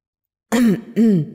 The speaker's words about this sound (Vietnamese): Công Tôn tiên sinh ho khan hai tiếng